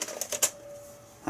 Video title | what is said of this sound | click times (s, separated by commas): Sinclair ZX Spectrum +3. A 30 Year Old Unboxing | clicks in place okay | 0.4 s